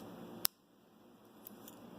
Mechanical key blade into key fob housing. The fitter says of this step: and hear the click.